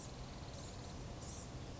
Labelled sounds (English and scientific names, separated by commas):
Blue-gray Gnatcatcher (Polioptila caerulea)